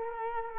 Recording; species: mosquito wingbeat signal from an infrared sensor; Culex quinquefasciatus